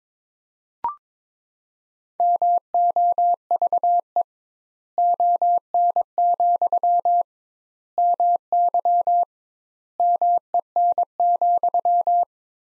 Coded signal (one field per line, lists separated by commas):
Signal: Morse code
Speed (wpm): 22 wpm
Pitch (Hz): 700 Hz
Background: none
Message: MOVE ON, MY MEN,